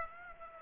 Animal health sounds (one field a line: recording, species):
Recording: mosquito wingbeat signal from an infrared sensor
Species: Aedes aegypti